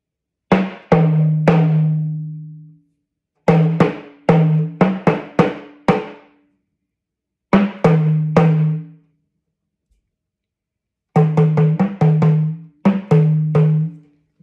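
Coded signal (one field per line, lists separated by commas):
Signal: talking drum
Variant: Yoruba dùndún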